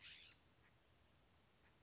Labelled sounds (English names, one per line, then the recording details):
California Scrub-Jay
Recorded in Sonoma County, California